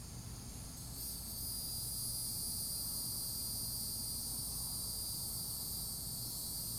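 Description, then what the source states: Cicada song, a steady high-pitched shrill drone that swells in just after the first second and holds unbroken, over a low rumbling background. Florida.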